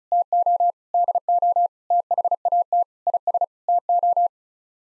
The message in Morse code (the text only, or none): TO DO THAT IS TO